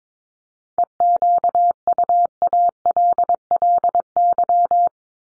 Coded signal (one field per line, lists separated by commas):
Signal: Morse code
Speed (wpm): 22 wpm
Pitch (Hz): 700 Hz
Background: none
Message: EQUALLY